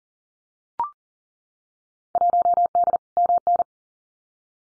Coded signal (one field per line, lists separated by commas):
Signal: Morse code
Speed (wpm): 42 wpm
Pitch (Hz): 700 Hz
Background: none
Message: 1D MN